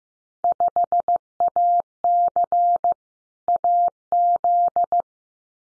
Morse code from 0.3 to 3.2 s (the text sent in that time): 5AC